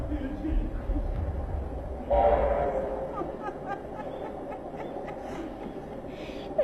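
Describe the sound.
A train rolls by with a steady low, clattering roar, and a few seconds in a loud, brassy horn blast sounds over it before fading, in a scene from the drama Yuanye (The Wilderness). Faint voices can be heard underneath.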